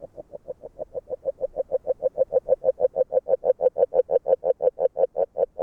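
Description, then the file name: Agile frog calling: a fast, steady series of short, soft knocking notes, growing louder. Recorded in Hungary. "Magyarorsz g B kahangjai - Erdei beka Agile Frog"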